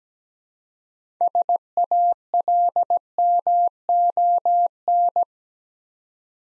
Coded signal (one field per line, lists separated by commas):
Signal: Morse code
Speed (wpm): 17 wpm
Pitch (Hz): 700 Hz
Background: none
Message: SALMON